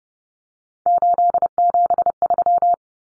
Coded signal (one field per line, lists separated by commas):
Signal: Morse code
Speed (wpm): 30 wpm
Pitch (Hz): 700 Hz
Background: none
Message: 873